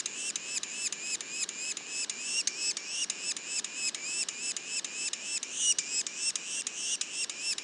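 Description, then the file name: Yellow-bellied sapsucker calls: a steady stream of short, raspy, slurred squeaks, roughly three a second, repeated without pause through the recording. Juveniles calling; Mont-Orford National Park, Quebec, Canada. "pic macule. parc national du mont orford"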